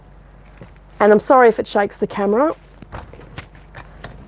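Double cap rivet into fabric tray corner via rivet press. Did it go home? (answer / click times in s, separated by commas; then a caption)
yes / 4.0 s. A double cap rivet is set into the corner of a fabric tray with a rivet press. Someone talks, then a few soft knocks follow as the press works, and the rivet clicks closed at 4.0 s, seated.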